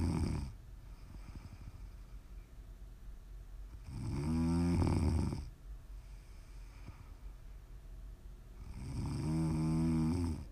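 ASMR snoring from an adult sleeper: two loud, low rumbling snores on inhalation, about 12 a minute, with quiet breathing between them.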